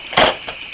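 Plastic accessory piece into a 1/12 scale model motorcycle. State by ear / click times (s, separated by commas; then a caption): not seated / none. A small plastic accessory piece is handled against its socket on a 1/12 scale Soul of Popynica PX-03 collectible model motorcycle, giving a short crunchy, scraping burst around 0.2 s and a fainter rub near 0.5 s. Nothing has seated or clicked yet; the piece is not yet home when the clip ends.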